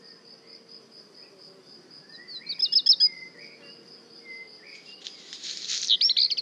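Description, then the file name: Black redstart singing: quick high notes, then a harsh crackling rattle followed by more quick high notes, against a constant shrill insect hum and occasional soft whistled notes. Song, recorded at le Puech, France. "chant de rougequeue noir merle noir le Puech"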